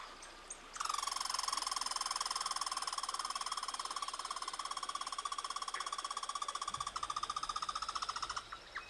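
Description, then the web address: Red squirrel chatter: one long, sustained buzzing rattle of rapid pulses lasting nearly eight seconds, starting abruptly. "Dan Gibson's Solitudes Nature Trails. Red Squirrel"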